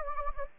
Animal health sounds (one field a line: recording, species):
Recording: mosquito wingbeat signal from an infrared sensor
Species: Anopheles gambiae